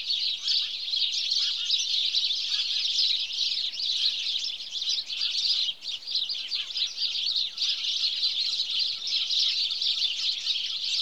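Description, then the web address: House sparrows keep up a long, dense chirping chorus of overlapping notes, with occasional lower calls scattered underneath and a brief dip midway. "BBC Sound Effects Library Birds House Sparrow (Passer Domesticus)"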